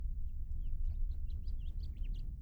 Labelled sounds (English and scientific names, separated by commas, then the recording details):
House Finch (Haemorhous mexicanus) song
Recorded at Hewlett Harbor on Long Island, New York, on 10 June 1975
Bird M